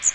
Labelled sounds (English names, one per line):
Magnolia Warbler flight call